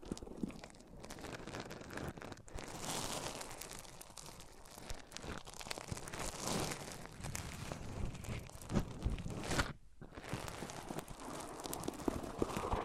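Microphones are rubbed across different surfaces, making dense, continuous scraping and crinkling noise with frequent small crackles and bumps. The rustle swells and shifts in brightness as the surface changes, with brief near-silent breaks around 2.5 and 9.7 seconds.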